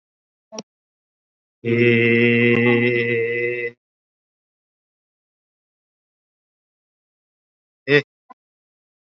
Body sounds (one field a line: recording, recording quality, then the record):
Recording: sustained vowel as in made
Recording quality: excellent, no background noise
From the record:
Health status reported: COVID-19 positive, moderate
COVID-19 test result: positive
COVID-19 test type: RT-PCR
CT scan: not taken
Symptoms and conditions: breathing difficulty, fatigue, hypertension, diabetes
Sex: male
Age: 42 years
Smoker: yes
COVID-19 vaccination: both doses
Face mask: worn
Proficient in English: no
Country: India